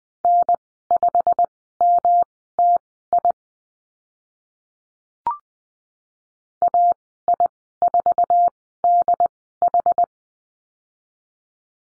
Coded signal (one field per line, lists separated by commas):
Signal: Morse code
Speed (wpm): 20 wpm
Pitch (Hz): 700 Hz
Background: none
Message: N5MTI AI4DH